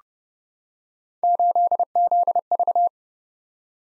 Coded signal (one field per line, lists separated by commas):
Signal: Morse code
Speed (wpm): 30 wpm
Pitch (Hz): 700 Hz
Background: none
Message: 8ZV